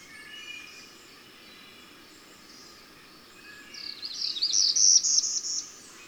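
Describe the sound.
Bird song: soft high whistled notes early, then a loud, rapid, high-pitched twittering phrase in the second half, with faint background chirping and hiss.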